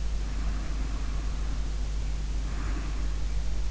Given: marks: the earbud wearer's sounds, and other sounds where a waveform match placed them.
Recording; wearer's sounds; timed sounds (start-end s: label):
sounds in sleep by an in-ear microphone; breath
0.28-3.58 s: breath